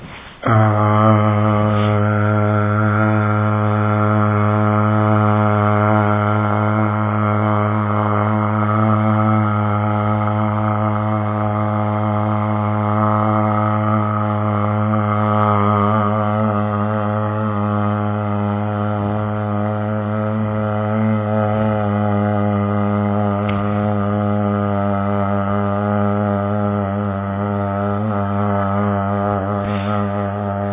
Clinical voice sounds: sustained vowel /a/; male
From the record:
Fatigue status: no fatigue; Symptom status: asymptomatic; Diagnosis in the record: COVID-19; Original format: 3gp

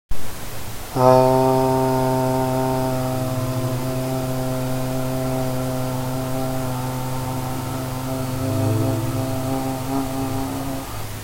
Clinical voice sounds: sustained vowel /a/; male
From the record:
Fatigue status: no fatigue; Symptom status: asymptomatic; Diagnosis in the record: COVID-19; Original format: m4a

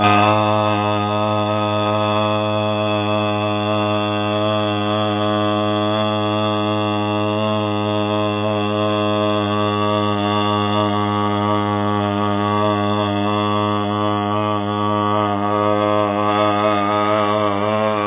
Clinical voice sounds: sustained vowel /a/; male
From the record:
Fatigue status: no fatigue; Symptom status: symptomatic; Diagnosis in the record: COVID-19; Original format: 3gp

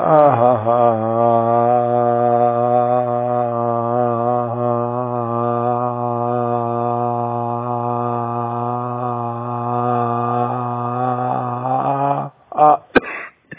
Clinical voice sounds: sustained vowel /a/; male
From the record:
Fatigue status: fatigue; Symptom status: symptomatic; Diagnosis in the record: COVID-19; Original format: 3gp

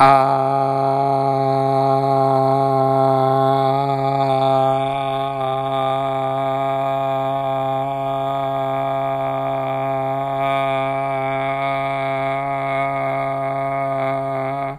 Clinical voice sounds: sustained vowel /a/; male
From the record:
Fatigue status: no fatigue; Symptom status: symptomatic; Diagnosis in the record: COVID-19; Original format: m4a

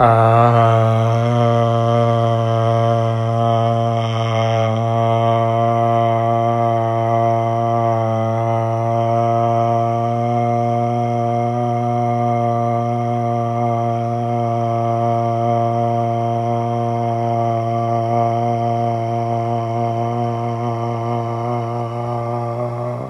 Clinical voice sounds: sustained vowel /a/; male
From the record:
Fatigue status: no fatigue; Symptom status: asymptomatic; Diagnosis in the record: COVID-19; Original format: m4a

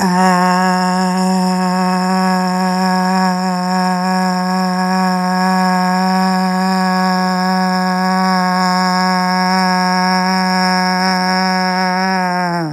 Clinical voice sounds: sustained vowel /a/; female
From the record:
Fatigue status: no fatigue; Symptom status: asymptomatic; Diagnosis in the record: COVID-19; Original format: m4a

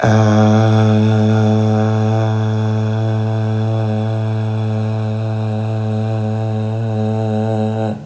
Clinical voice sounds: sustained vowel /a/; male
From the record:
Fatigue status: no fatigue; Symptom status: asymptomatic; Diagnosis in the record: COVID-19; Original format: m4a

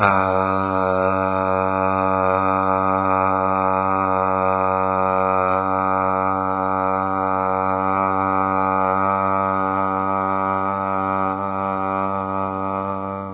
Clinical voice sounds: sustained vowel /a/; male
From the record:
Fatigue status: no fatigue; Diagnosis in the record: COVID-19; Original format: 3gp

